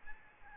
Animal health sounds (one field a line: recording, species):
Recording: mosquito wingbeat signal from an infrared sensor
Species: Aedes albopictus